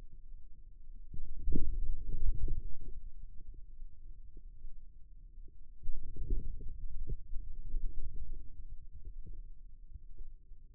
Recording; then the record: forearm muscle sounds (acoustic myography)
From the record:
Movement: inward rotation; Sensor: system 2, bracelet of six BSWA MPA416 microphones around the upper forearm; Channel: 2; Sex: male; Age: 22 years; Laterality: right